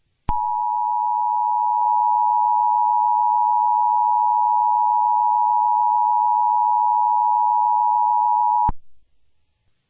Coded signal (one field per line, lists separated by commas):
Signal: Emergency Alert System (SAME) tones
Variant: 853 and 960 Hz attention tone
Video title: EAS SCENARIO WYOMING'S CATASTROPHE